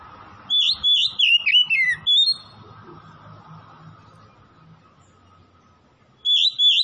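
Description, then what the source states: Oriental magpie-robin song: a quick series of loud, falling whistled notes, a long quiet gap, then a fresh start of bright whistles. Oriental magpie-robin (kacer) from Tretes, singing vigorously (gacor).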